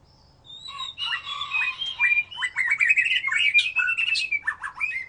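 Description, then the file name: White-rumped shama singing a continuous jumble of rich whistles with slurred and buzzy notes, delivered in fast, varied phrases without a pause. "murai batu"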